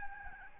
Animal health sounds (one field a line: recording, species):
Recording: mosquito wingbeat signal from an infrared sensor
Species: Aedes albopictus